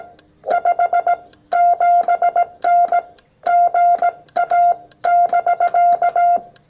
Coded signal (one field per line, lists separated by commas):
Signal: Morse code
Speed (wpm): 16 wpm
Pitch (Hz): 700 Hz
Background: none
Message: 57N GA <BK>